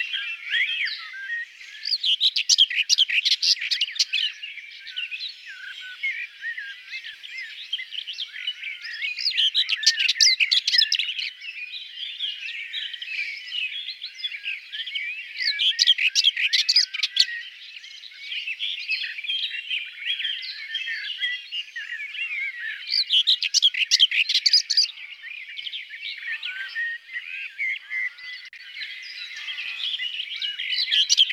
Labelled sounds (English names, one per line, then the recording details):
Common Whitethroat song
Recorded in the wild
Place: Merdingen bis Ihringen / Kaiserstuhl, Baden-Württemberg, DE
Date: 1979-05-27
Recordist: Schwarz, Dieter